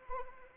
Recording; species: mosquito wingbeat signal from an infrared sensor; Anopheles arabiensis